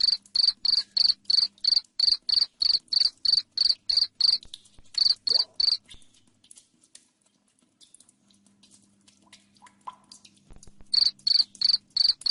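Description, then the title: Cricket chirping steadily in rapid high pulses, a long quiet gap with low hum, then the chirping resumes. Loud cricket chirping said to make lovebirds sing continuously. "Suara JANGKRIK NGERIK Keras Bikin LOVEBIRD Jadi NGEKEK Terus Vubey"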